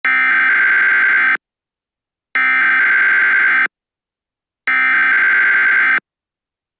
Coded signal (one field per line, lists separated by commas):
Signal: Emergency Alert System (SAME) tones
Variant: header bursts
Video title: EAS MOCK For Civil Danger Warning New Update